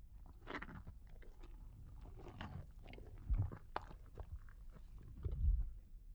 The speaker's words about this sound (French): C'est le tigre qui mange.